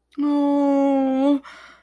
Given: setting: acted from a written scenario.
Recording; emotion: vocal sound without words; distress